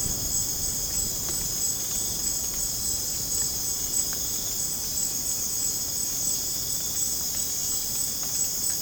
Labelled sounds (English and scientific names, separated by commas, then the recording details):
none
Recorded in dense forest near Puerto Asís, Putumayo, Colombia, on 30 June 2025 at 01:30
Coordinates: 0.486, -76.317
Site G065